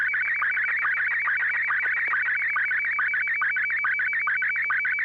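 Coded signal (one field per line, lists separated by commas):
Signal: SSTV (slow-scan television)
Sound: continuous warbling, scratchy tone with rapid regular ticking pulses, like a chirping modem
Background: low steady hum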